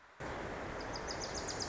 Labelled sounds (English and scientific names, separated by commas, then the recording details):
Wilson's Warbler (Cardellina pusilla)
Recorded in Sonoma County, California